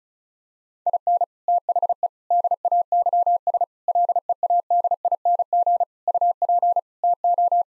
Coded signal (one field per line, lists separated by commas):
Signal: Morse code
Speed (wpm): 34 wpm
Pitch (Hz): 700 Hz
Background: none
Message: IN THE DAYS LEADING UP TO